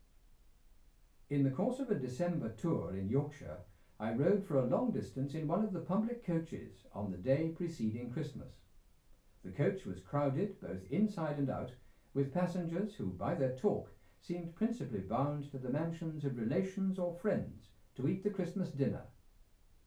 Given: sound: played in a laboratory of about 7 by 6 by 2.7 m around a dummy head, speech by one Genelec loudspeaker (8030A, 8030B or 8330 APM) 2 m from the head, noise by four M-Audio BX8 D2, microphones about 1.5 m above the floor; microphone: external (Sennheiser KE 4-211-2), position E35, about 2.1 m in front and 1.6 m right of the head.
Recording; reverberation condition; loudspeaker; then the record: male speech in English; low; in front (0 degrees)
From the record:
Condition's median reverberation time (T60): about 310 ms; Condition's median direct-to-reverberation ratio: about 3.5 dB